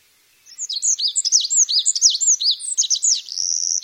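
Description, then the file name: Olive-backed pipit song, a rapid run of high zigzagging whistles and squeaky notes, with a thin drawn-out buzzy trill at the end. "binzui"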